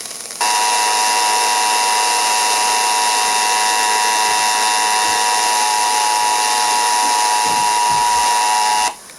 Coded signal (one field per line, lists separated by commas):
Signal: Emergency Alert System (SAME) tones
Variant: 853 and 960 Hz attention tone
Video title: Not much, but here ya go... EAS Tests from November, 2022 (EAS #7,834 - 7,839)